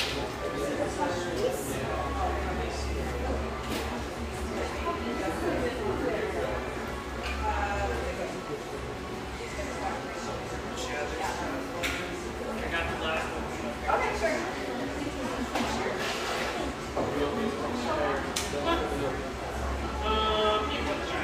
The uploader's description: warm, firelit café in one of America's most popular ski towns